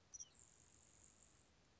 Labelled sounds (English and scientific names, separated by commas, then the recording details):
Grasshopper Sparrow (Ammodramus savannarum)
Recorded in Sonoma County, California